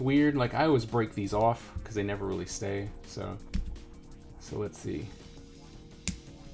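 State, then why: Seated. Someone talks, then snaps a plastic cap onto a micro tip brush pen body. A sharp, short click is heard at 6.1 seconds as the cap seats.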